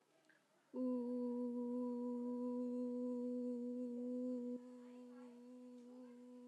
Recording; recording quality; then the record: sustained vowel as in boot; moderate, slight background noise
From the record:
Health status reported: healthy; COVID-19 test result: negative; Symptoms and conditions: none ticked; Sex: female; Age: 19 years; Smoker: not ticked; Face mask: worn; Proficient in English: yes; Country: India